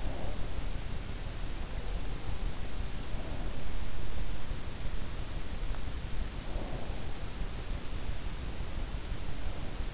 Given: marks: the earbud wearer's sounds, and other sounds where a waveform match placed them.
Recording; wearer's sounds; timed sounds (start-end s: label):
sounds in sleep by an in-ear microphone; breath
0.00-0.45 s: breath
6.56-7.07 s: breath